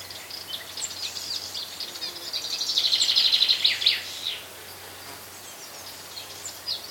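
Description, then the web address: Chaffinch song: a trill of high notes rising in loudness and ending with a brief flourish, with other faint chirps. Midday on the Lassithi plateau, Greece. "greece midday atmosphere on lassithi plateau with birds chaffinches and insects. BBC Atmos Countryside"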